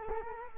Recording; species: mosquito wingbeat signal from an infrared sensor; Culex quinquefasciatus